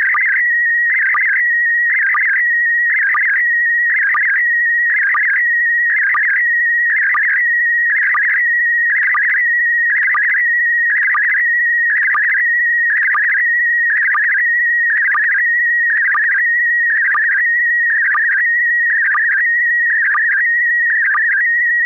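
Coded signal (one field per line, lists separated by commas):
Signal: SSTV (slow-scan television)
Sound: steady high whistle broken each second by rapid warbling chirps and brief low blips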